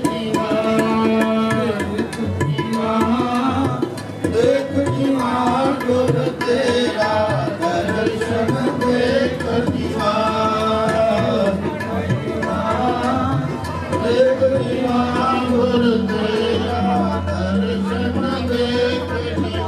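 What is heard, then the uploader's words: A Vaisakhi celebration fills the air with dense, steady music and voices, constant and loud throughout, with a low drone beneath wavering sung tones. Vaisakhi Celebrations held in Gravesend. Attended by 1000's of people from across all communities in the area.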